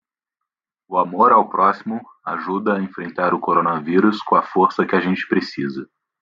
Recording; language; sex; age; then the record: spoken sentence; Brazilian Portuguese; male; 20 to 29 years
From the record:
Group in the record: control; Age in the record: 24 years